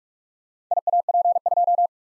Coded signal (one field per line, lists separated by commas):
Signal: Morse code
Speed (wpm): 44 wpm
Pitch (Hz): 700 Hz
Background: none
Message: IAP2